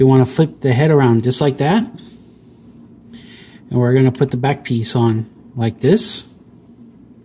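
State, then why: Not seated. Someone talks while flipping the plastic head of a transforming toy figure around and fitting the plastic back piece of an upgrade kit onto it. Speech fills most of the clip, with a quiet stretch in the middle and no sharp hits. The clip ends before the back piece goes home, so nothing has seated or clicked yet.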